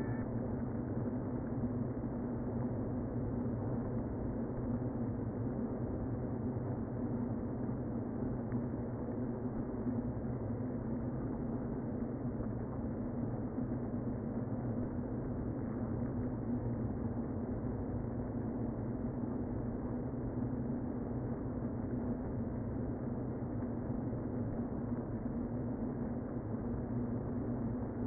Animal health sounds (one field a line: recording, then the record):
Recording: honeybee colony, microphone inside the hive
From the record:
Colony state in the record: queen present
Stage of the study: before two queens were removed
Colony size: about 60,000 bees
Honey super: yes